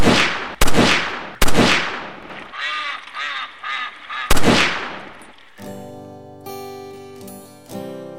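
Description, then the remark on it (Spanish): Loud gunshot blasts ring out, followed by a flurry of nasal duck quacks, another shot, and then a sustained tonal musical passage takes over. No one speaks. “Sueños Son, el programa que te vuela los patos de la cabeza.”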